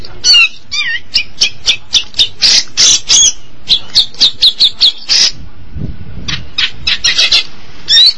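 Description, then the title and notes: Long-tailed Shrike calls: a series of harsh, scratchy squawks and twangy notes delivered in quick bursts, with a short quiet gap near the end. Recorded March 2017. "Suara burung pentet"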